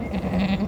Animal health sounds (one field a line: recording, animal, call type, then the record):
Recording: contact call of a hoofed animal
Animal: goat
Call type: low-frequency (closed-mouth) or high-frequency (open-mouth) call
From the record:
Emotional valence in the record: negative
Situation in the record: short social isolation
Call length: 0.68 s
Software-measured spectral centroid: 1720 Hz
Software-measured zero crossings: 930 a second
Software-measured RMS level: -24 dBFS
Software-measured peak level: -13 dBFS